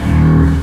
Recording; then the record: squeal of a Yucatan mini pig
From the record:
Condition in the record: after surgery on the right vocal fold (resection and tissue-engineered implant); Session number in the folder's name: 16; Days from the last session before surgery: 183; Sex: female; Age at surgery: 19 weeks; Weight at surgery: 25 kg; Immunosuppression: prednisolone